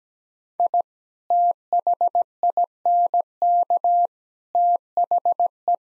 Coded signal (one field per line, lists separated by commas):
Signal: Morse code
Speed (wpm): 17 wpm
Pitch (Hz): 700 Hz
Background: none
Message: I THINK THE